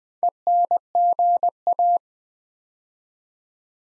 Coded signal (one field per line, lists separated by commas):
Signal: Morse code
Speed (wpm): 20 wpm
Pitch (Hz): 700 Hz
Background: none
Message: ENGA